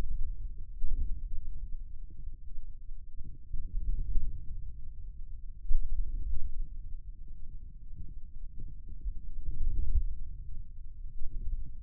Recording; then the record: forearm muscle sounds (acoustic myography)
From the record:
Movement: hand closing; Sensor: system 2, bracelet of six BSWA MPA416 microphones around the upper forearm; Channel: 3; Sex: male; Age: 22 years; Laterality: right